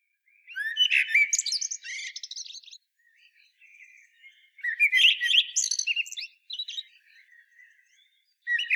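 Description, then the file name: Common blackbird singing two fluty warbled phrases with squeaky high flourishes, separated by quiet soft notes, ending abruptly with a sharp sound. "Turdus merula"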